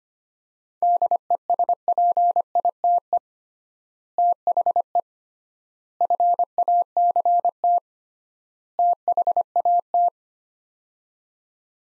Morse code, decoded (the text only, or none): DESPITE THE FACT THAT